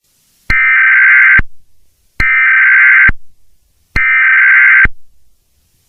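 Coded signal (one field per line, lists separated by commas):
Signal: Emergency Alert System (SAME) tones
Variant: header bursts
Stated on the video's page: Fake tornado warning made with EAS tones.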